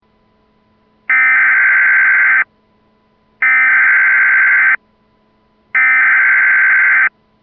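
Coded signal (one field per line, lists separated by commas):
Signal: Emergency Alert System (SAME) tones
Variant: header bursts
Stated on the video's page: EAS mock.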